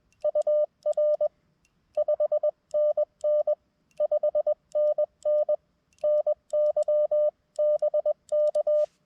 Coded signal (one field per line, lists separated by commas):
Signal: Morse code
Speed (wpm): 20 wpm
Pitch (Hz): 590 Hz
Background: none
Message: UR 5NN 5NN NY BK